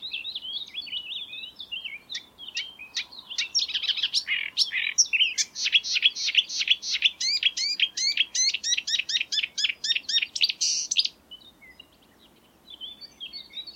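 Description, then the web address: Marsh warbler in full song: a fast, unbroken run of chattering and whistled notes for about eleven seconds, then a few quiet notes. Song, recorded in May 2020. "geluiden bosrietzanger mei 2020 zang"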